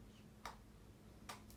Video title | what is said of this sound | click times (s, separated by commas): DWI Dowellin D10 - Unboxing & First Look | yeah snap that guy in it's got a little lever there where you can snap it in there | 0.5 s, 1.3 s